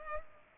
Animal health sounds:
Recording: mosquito wingbeat signal from an infrared sensor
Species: Culex pipiens

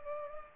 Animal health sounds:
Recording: mosquito wingbeat signal from an infrared sensor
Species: Culex pipiens

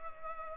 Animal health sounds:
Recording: mosquito wingbeat signal from an infrared sensor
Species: Culex pipiens

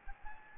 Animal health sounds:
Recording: mosquito wingbeat signal from an infrared sensor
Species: Anopheles gambiae

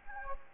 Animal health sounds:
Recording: mosquito wingbeat signal from an infrared sensor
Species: Anopheles gambiae

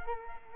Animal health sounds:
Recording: mosquito wingbeat signal from an infrared sensor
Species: Culex quinquefasciatus

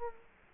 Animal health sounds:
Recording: mosquito wingbeat signal from an infrared sensor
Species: Culex quinquefasciatus

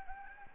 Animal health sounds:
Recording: mosquito wingbeat signal from an infrared sensor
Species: Anopheles gambiae

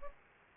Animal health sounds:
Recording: mosquito wingbeat signal from an infrared sensor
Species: Culex pipiens

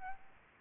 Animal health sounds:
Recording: mosquito wingbeat signal from an infrared sensor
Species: Aedes albopictus

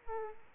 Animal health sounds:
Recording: mosquito wingbeat signal from an infrared sensor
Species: Aedes aegypti

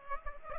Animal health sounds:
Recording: mosquito wingbeat signal from an infrared sensor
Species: Aedes aegypti

